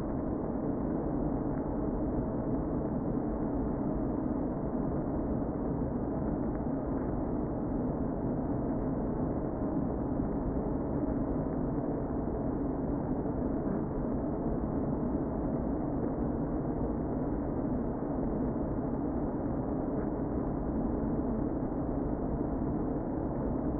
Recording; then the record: honeybee colony, microphone inside the hive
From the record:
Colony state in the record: queen present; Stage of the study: before two queens were removed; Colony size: about 60,000 bees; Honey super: yes